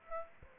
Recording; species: mosquito wingbeat signal from an infrared sensor; Aedes aegypti